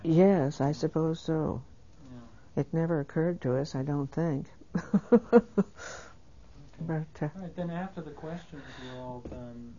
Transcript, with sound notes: Yes, I suppose so. It never occurred to us, I don't think. [she laughs]
Okay. Then after the questions were all done,